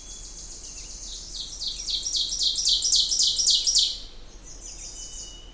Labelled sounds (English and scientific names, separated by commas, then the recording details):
Ovenbird (Seiurus aurocapilla) song
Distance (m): 15 m
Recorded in boreal forest in Alberta, Canada, on 20 June 2016 at 07:19
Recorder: SongMeter 3, array SBT-6-81
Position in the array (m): 30 m, 241 m
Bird 26